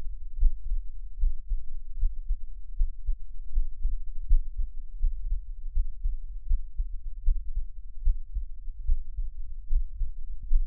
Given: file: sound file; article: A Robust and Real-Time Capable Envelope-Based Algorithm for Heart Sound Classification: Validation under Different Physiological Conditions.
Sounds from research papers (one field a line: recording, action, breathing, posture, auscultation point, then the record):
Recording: heart sounds by electronic stethoscope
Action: rest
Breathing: deep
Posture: sitting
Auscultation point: Erb’s point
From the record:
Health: healthy, no known heart disease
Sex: male